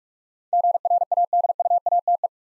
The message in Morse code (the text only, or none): GRADUATE